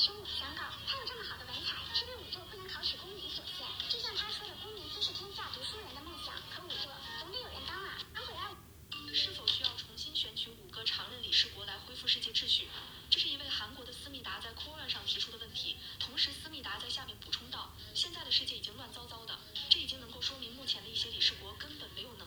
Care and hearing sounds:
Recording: daily activity, guitar pickup as the sensor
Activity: browse video

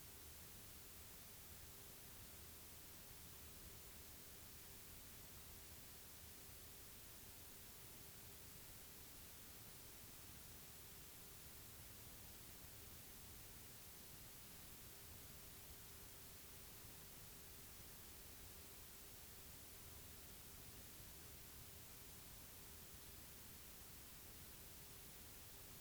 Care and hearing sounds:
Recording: daily activity, guitar pickup as the sensor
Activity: sit

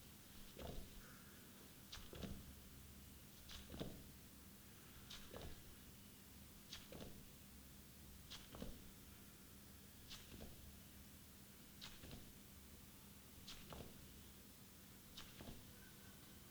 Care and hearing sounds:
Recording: daily activity, guitar pickup as the sensor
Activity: jump

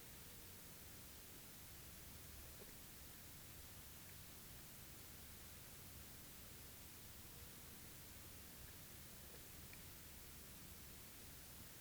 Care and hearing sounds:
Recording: daily activity, guitar pickup as the sensor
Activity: drink water

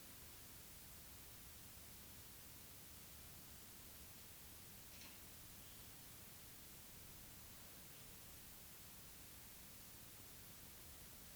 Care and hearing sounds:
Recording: daily activity, guitar pickup as the sensor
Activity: stand

